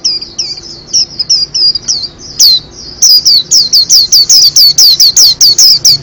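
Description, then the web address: White-eye song, a fast run of high, sharply slurred whistled notes, more spaced at first, then loud, dense and steady. Masteran training song of a white-eye (pleci) singing vigorously (gacor). "pleci kacamata gacor. masteran pleci"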